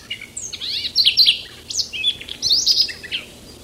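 Siberian rubythroat delivering several short bursts of slurred whistles and scratchy twitters separated by brief gaps.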